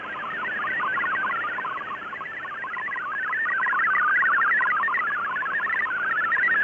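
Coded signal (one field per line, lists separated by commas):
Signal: multi-tone FSK (Olivia or MFSK type)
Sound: rapid burbling stream of stepping musical tones over shortwave hiss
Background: radio static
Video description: For a simple test, extract the audio track from this video and decode it using FLDIGI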